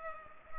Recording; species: mosquito wingbeat signal from an infrared sensor; Culex pipiens